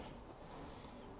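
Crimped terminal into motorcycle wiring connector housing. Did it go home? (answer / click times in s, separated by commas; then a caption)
no / none. A crimped wire terminal is being slid into a multi-pin plastic connector housing on the indicator/light wiring loom of a Suzuki GSX-8S while fitting a tail tidy. Only a steady, low broadband rumble is heard, with no sharp transients. The terminal has not yet seated or clicked into the housing.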